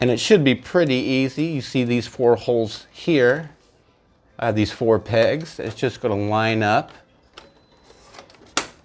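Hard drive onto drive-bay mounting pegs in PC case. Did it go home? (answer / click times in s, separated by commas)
yes / 8.6 s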